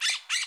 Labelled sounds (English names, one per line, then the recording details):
Brown-throated Parakeet contact call
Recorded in Bonaire
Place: just S of turnoff to Cai, near Lac Bay
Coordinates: 12.126, -68.239